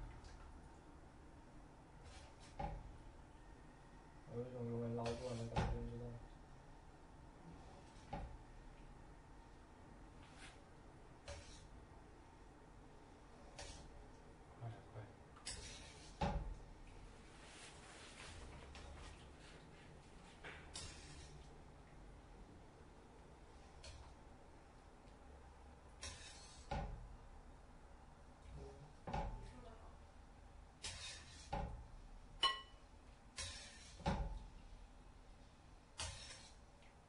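Dishwashing, with a steady low background and frequent sharp clatters of dishes, cupboards or utensils scattered irregularly through the whole clip, clustering more densely after about 25 seconds. Around 4 to 6 seconds a brief tonal sound rises, and a faint voice appears now and then.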